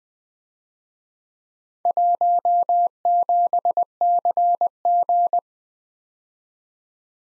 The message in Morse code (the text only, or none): 17CG